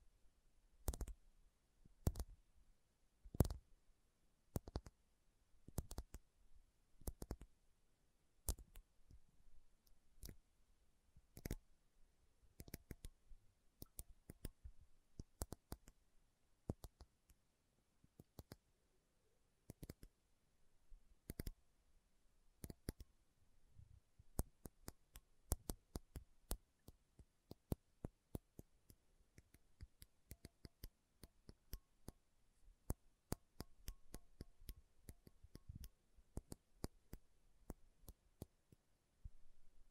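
Slow tapping on metal, each tap a sharp, bright click with a quick decay. Early on the taps fall at a steady, unhurried pace, then become more frequent and irregular after about twenty seconds, sometimes in quick clusters, over near silence.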